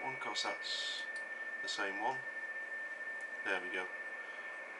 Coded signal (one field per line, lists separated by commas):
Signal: PSK31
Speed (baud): 31.25 baud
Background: speech, radio noise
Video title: PSK31 data mode using 5 watts